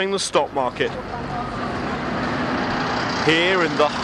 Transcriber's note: The sounds of Times Square